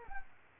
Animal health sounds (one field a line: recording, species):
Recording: mosquito wingbeat signal from an infrared sensor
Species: Culex quinquefasciatus